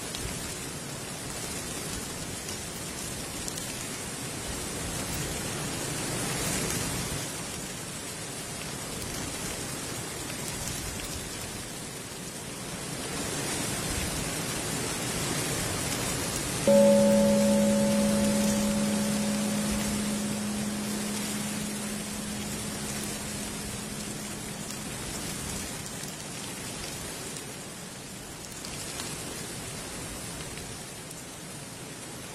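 A temple bell strikes once about halfway through, its low hum fading slowly over a steady, dense rustling hiss that continues throughout.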